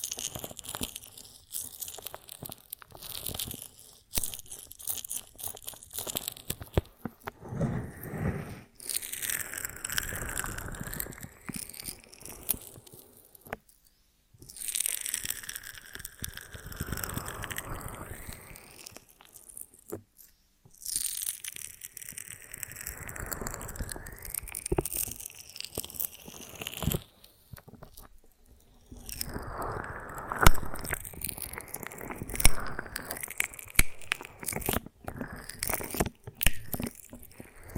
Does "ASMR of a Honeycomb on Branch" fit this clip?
yes